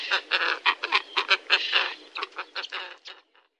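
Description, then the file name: Glossy ibis giving harsh, hoarse grunting calls in a quick uneven series, tapering off and fading at the end. "Bronsibis"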